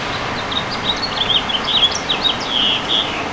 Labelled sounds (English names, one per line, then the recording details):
House Finch song
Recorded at Patchogue on Long Island, New York, on 21 June 2013
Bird G